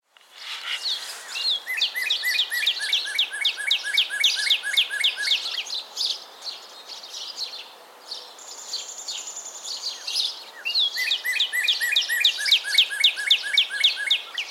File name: Cardinalis cardinalis - Northern Cardinal